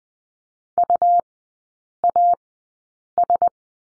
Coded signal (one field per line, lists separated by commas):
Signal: Morse code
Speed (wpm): 20 wpm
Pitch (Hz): 700 Hz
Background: none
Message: UAS